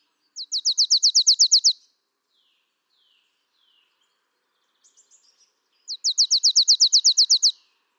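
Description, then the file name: Marsh tit call, two quick high trills of evenly spaced notes, separated by a few faint thin notes. "Poecile palustris"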